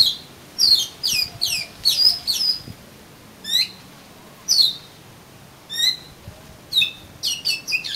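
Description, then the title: Oriental magpie-robin song of sweet, downslurred whistles, some clustered quickly and others spaced about a second apart. "Kacer Kacer"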